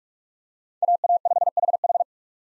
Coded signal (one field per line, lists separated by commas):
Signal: Morse code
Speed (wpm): 46 wpm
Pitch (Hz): 700 Hz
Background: none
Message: AA5HH